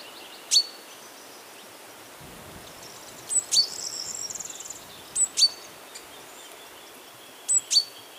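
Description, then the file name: Great tit giving short, sharp high notes, mostly in pairs, about every two seconds, with one brief buzzy churr between them against a faint hiss. "Parus major"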